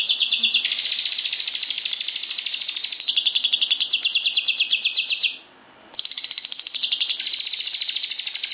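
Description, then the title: Lovebird chattering song, a steady stream of rapid, high, buzzy notes that breaks off for about half a second before resuming at the same quick pace. National champion lovebird singing constantly with a full repertoire of fill-in song (Indonesian 'full isian gacor'). "Burung Lovebird Juara Nasional Full Isian Gacor"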